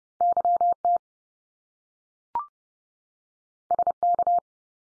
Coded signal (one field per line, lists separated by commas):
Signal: Morse code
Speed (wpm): 30 wpm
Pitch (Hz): 700 Hz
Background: none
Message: YT SK